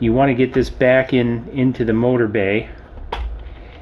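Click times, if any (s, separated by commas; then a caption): 3.1 s. Someone talks while a replacement motor is pushed into the plastic motor bay of a Syma X8 quadcopter arm, with the gear turned slightly so it meshes. A short, sharp pop at 3.1 s marks the motor seating in the bay.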